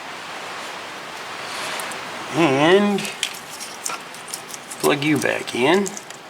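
On a 2003 Saturn Ion, an electrical connector is handled as it is being plugged back into an injector or sensor. Over a steady hiss, someone talks, and brief sharp handling ticks come near 3.9, 4.3 and 4.5 seconds. By the end, the connector has not seated or clicked into place yet.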